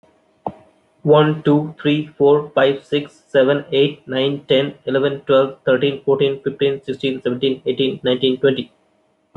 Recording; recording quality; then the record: counting at a fast pace; poor, much background noise or distortion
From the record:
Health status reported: healthy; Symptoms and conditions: none ticked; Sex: male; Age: 27 years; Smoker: yes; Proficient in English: yes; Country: India